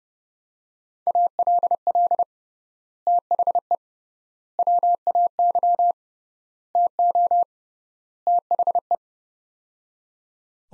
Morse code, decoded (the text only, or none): ALL THE WAY TO THE